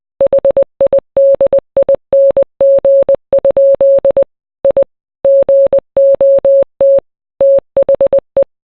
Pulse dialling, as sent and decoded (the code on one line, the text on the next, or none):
none